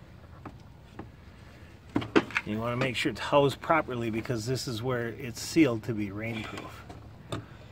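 Someone talks while a headlight bulb socket on a 2004 Chevrolet Trailblazer is turned into the plastic headlight housing, which must be seated properly to seal it against rain. A sharp snap at 7.3 s marks the socket locking and seating in the housing.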